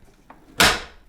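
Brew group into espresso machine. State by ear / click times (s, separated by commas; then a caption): seated / 0.6 s. A brew group is pushed back into its bay in a De'Longhi Magnifica Evo espresso machine until it latches. A faint tap at 0.3 s is followed by a sharp, loud click at 0.6 s that fades over about half a second. The brew group is seated.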